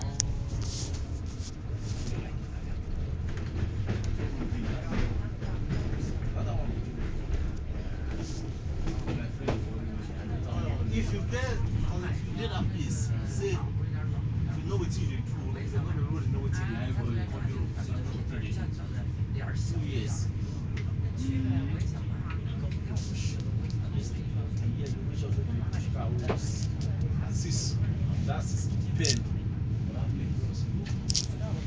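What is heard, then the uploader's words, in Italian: A train rattles along from Verona toward Milan, its low rumble steady and unbroken for the whole stretch. Sharp clanks and clicks pop up irregularly over the drone, and indistinct voices murmur underneath throughout. Rotaie. Il treno nell'inverno sferraglia da Verona P. Nuova verso Milano.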